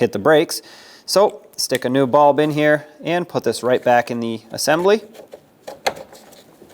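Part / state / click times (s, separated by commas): bulb socket into tail light assembly / seated / 5.9 s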